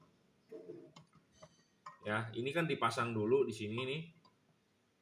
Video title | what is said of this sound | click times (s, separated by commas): led h11 cree xhp50.2 30watt dcp, H4 JL3 30watt dan H16 JL3 3000k 4300k 6000k | ya ini sudah terpasang dengan benar sudah mengunci Anda | 1.9 s